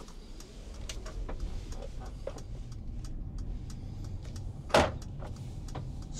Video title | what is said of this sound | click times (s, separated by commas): Jeg kører elektrisk "lastbil" 🚛 🔋⚡️- Premium varevogn med stjerne i grillen! Mercedes eSprinter | Man kan høre dørlåsen. Det man er ikke i tvivl. | 4.7 s